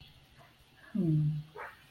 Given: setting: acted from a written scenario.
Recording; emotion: vocal sound without words; serenity